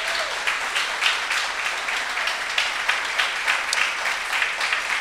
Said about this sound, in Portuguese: Queria pedir que ficasse de pé os irmãos da Bahia. Fiquem de pé, por favor. Olha que bênção, irmãos. Vamos aplaudir o Senhor pela vida deles.